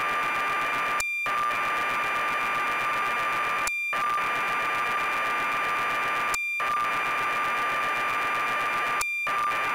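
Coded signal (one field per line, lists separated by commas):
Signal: computer data on cassette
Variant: BBC Micro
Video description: Tape loading sequence of Sabre Wulf by Ultimate Play The Game on the BBC Micro computer. Captured from BeeBEm emulator.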